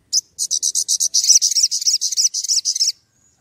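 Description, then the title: Oriental magpie-robin uttering a rapid, pulsed, high buzzy trill of many notes lasting nearly three seconds, with a quiet background. Fluently singing (gacor) bird, whistling used as a lure to provoke other magpie-robins into answering. "Pancingan Suara Siulan Kacer Gacor Mantap Untuk Memancing Kacer Lain Agar Mau Nyaut Bunyi"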